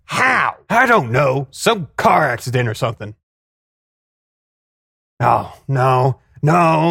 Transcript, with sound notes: How?
I don’t know. Some car accident or something. [LONG PAUSE] Oh, no. No.